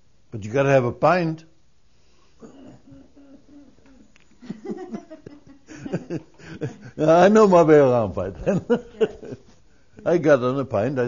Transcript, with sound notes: but you've got to have a pint." (They laugh.) I knew my way around by then. I got him a pint.